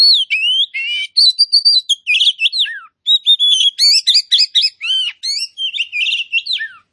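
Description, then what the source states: Oriental magpie-robin in full song, pouring out loud varied whistles, downslurred notes and trilled chatter with only brief pauses. Kacer poci form of the magpie-robin, singing vigorously (gacor).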